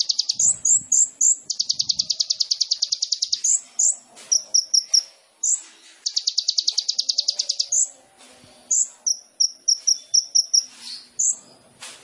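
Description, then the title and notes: Sunbird song: rapid high chips running into long, even, very high trills, then quick bursts of thin twittering notes, repeated twice. Indonesian masteran song-training material of an actively singing (gacor) sunbird, with fill-in (isian) and shot (tembakan) phrases, used as a lure (pancingan) to prompt birds to sing. "MASTERAN KOLIBRI NINJA FULL ISIAN DAN TEMBAKAN COCOK BUAT PANCINGAN. Suara Burung Kolibri Ninja Gacor"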